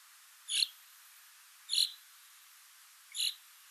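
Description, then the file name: Common chaffinch uttering three short, sharp call notes over soft background hiss. "Fringilla coelebs"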